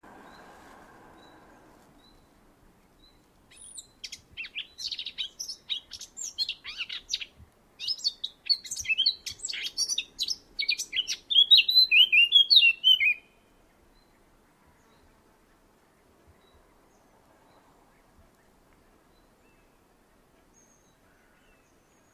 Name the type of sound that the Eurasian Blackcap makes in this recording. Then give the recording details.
song. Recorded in the wild. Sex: male. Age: adult. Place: Tiuccia, Corsica, FR. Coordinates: 42.0742, 8.7375. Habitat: macchia. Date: 2011-07-18 14:57. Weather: sunny, 30°C, light to moderate westerly winds. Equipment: Fostex FR2-LE, Sennheiser ME66, Popschutz. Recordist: Frommolt, Karl-Heinz